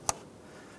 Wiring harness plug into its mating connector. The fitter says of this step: we're going to take our plug with our lock we're going to press the plug in so we hear a click